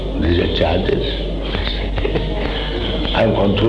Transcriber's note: laughter